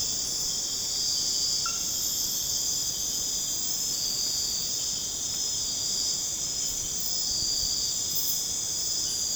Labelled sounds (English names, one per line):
none